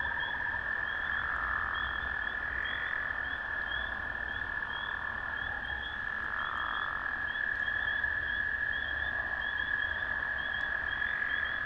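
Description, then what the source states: Amphibian calls blend into a constant high-pitched trill, with pulsed notes repeating rapidly above and the chorus rising in swells every few seconds. Recorded at a valley pond, 05/03/2020.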